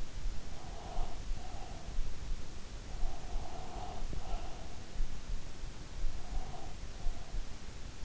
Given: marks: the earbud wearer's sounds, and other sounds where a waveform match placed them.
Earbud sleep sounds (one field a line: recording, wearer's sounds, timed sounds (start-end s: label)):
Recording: sounds in sleep by an in-ear microphone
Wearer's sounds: breath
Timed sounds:
0.42-2.16 s: breath
2.91-4.80 s: breath
5.94-7.75 s: breath